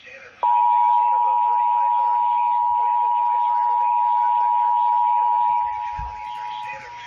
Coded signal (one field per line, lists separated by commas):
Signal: Emergency Alert System (SAME) tones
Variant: 853 and 960 Hz attention tone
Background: speech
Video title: HIGH WIND WARNING... EAS Alerts from 12/21/20 (EAS #5,209 - 5,214)